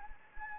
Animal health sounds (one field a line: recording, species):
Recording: mosquito wingbeat signal from an infrared sensor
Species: Anopheles gambiae